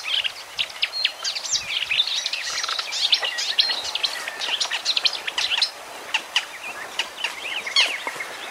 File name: kamyshovka bolotnaja